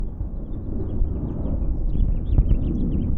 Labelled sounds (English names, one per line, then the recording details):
House Finch song
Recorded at Neponsit on Long Island, New York, on 4 June 1975
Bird G